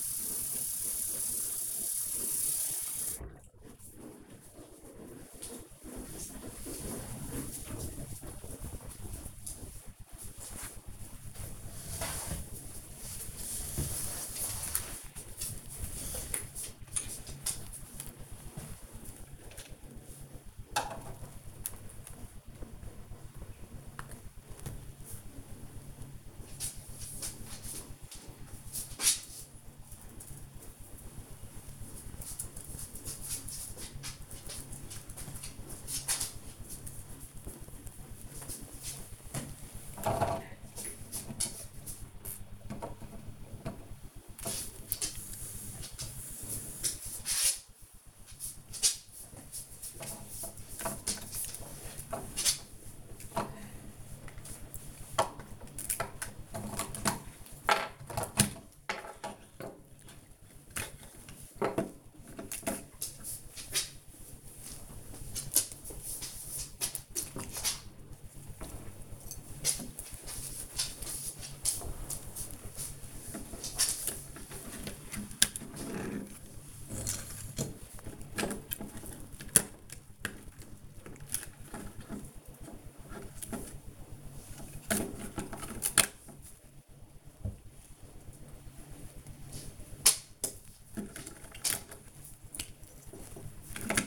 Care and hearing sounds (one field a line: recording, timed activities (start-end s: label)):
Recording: household activities, microphone on the right wrist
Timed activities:
0.00-8.42 s: baking
37.62-94.06 s: building with lego